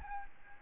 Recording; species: mosquito wingbeat signal from an infrared sensor; Aedes albopictus